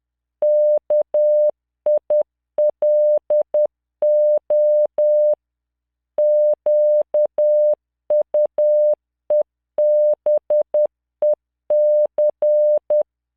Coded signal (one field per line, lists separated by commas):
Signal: Morse code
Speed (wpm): 10 wpm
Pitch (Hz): 600 Hz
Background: none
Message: KILO QUEBEC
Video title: tamanのモールス練習動画37（モールス信号 速度10WPM morse code)